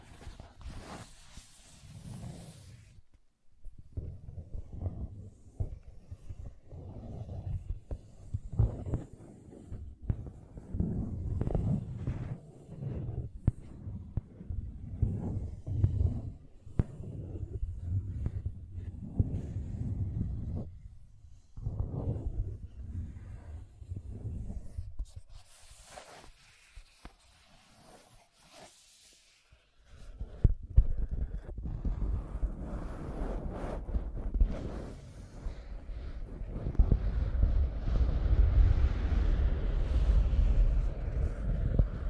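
Scratching and tracing strokes drag and rasp in irregular bursts, mostly low and rough, with short pauses around 3 and 26–30 seconds. After 30 seconds the scraping grows louder and denser, spreading into a brighter, steadier hiss that continues to the end.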